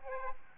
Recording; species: mosquito wingbeat signal from an infrared sensor; Aedes aegypti